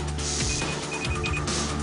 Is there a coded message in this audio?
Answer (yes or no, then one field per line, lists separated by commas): no